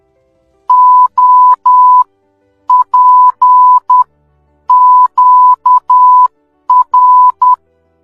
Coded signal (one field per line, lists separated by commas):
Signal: Morse code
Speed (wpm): 10 wpm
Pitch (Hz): 1000 Hz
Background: none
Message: OPQR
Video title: morse Code#Knowledge#Sign Language#work#Mindgames#alfabets#Country#Code#comedy #tabeladinamica